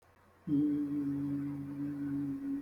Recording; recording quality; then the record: sustained vowel as in beet; excellent, no background noise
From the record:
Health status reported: healthy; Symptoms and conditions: hypertension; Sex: male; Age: 29 years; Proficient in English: yes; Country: India